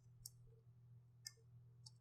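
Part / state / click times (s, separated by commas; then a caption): battery pack into camera battery compartment / not seated / none. A battery pack is handled at the bottom battery compartment of a Canon EOS M50 mirrorless camera, producing three brief, sharp clicking sounds at about 0.3, 1.3 and 1.9 seconds over a steady low hum. Nothing has seated or latched yet.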